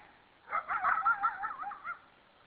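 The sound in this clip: Coyote yipping and howling, several wavering high tones overlapping in a burst lasting about one and a half seconds.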